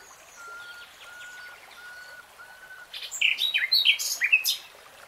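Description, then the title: Nightingale song beginning with soft, drawn-out pure whistles repeated slowly, then breaking into a loud burst of varied, sharp chirping notes. Nightingale singing, in real time. "[Tiếng chim hót] 3 Hours REALTIME Nightingale Singing"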